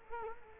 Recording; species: mosquito wingbeat signal from an infrared sensor; Culex quinquefasciatus